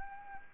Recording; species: mosquito wingbeat signal from an infrared sensor; Anopheles arabiensis